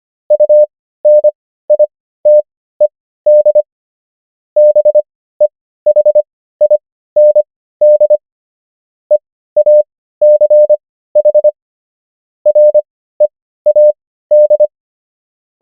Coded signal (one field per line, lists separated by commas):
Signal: Morse code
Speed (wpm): 25 wpm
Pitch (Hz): 600 Hz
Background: none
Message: UNITED BEHIND EACH READ